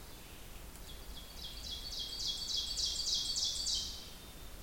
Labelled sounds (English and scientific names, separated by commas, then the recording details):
Ovenbird (Seiurus aurocapilla) song
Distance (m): 35 m
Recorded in boreal forest in Alberta, Canada, on 2 June 2016 at 07:16
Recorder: SongMeter 3, array SBT-3-7
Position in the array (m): 138 m, 135 m
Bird 8